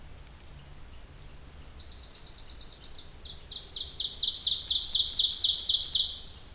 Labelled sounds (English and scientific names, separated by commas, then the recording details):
Ovenbird (Seiurus aurocapilla) song
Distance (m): 20 m
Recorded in boreal forest in Alberta, Canada, on 26 May 2016 at 08:11
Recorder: SongMeter 3, array SBT-3-15
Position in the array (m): 54 m, 222 m
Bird 20